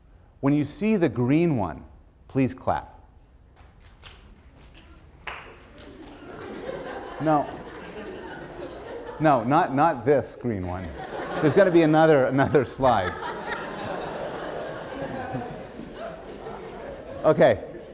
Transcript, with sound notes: When you see the green one, please clap. [laughter] No, not this green one. [laughter] There's going to be another slide. Okay.